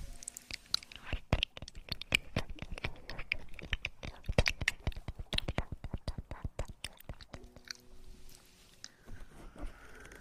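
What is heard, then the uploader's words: Ear eating sounds: a dense run of wet clicks, smacks and pops, fast and irregular, filling the first seven seconds. After that the mouth sounds thin out and grow softer, while a faint steady tone and a low hum come through. Ear eating.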